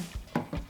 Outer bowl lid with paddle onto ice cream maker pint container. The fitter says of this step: that's the first time using this oh locks into place